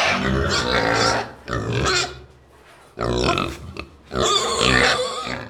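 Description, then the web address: Pigs giving rough grunts and shrill squealing bursts, a quieter stretch of low snuffling grunts in the middle, then two loud squealing bursts to the end. Pigs recorded in a stable. "best service Blue Box animals pigs stable"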